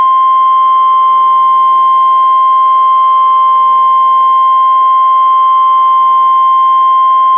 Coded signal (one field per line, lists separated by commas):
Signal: Emergency Alert System (SAME) tones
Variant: 1050 Hz attention tone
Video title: EAS #77-79: 3 NWR Required Weekly Tests- Sep. 30-Oct. 14, 2015